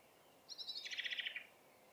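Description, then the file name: Common blackbird giving a single rapid rattling chatter of many harsh notes, lasting around one second, against a quiet background. "Turdus merula"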